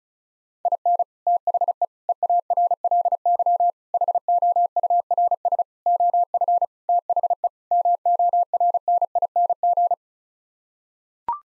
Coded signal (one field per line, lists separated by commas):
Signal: Morse code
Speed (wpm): 34 wpm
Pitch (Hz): 700 Hz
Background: none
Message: IN THE EARLY HOURS OF THE MORNING